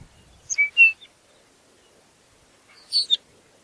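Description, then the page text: Lapland longspur gives two short call bursts of high ticks and whistled notes, separated by nearly two seconds of quiet. "Ryan P. O'Donnell - Лапландский подорожник (Calcarius lapponicus)"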